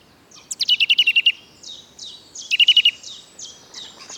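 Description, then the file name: Eurasian nuthatch giving loud, rapid trills of ringing piped notes, two bursts about two seconds apart, separated and followed by softer slurred whistles. "Sitta europaea"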